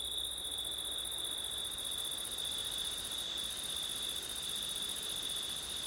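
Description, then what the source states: Constant cricket trilling, high and sustained, with a fainter second layer above and the whoosh of wind low down throughout. Crickets on a September night, with wind.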